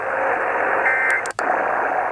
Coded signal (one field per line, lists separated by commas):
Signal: Emergency Alert System (SAME) tones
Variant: end-of-message bursts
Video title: EAS #942-943: Tennessee Required Monthly Test on WSM-AM and WLAC-AM || 4/6/22